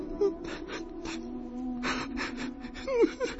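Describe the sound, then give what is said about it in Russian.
Someone sobs in broken, gasping bursts, with shaky breaths and wavering high whimpers rising and falling between the sobs, moderately loud and without any speech. “Ну, не плачьте, не пожалуйста, плачьте, не плачьте.”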